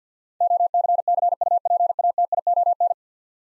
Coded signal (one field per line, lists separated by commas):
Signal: Morse code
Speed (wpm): 50 wpm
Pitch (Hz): 700 Hz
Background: none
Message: OCCUPATION